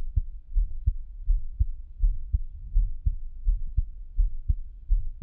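A regular adult heartbeat heard close up, the lub-dub beats coming at about 83 per minute, deep and low-pitched with no other sounds.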